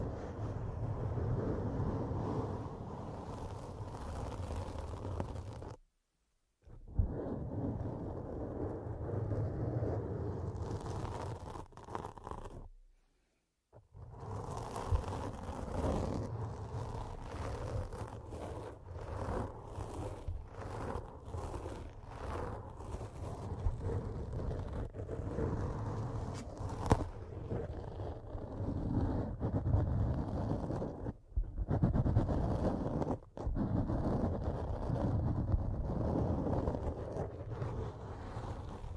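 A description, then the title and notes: Dense, rough scratching with a heavy low rumble runs almost continuously, broken by two abrupt silences near six and thirteen seconds. Pure Scratching.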